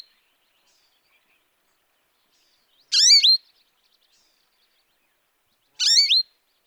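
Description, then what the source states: American Goldfinch wheezy calls: two loud, rising, buzzy notes about three seconds apart, silence between. The rising, wheezy siree call.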